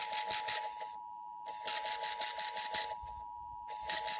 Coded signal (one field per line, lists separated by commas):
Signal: Emergency Alert System (SAME) tones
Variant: 853 and 960 Hz attention tone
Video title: NOW WITH 100% MORE KRET! EAS Tests from October 2023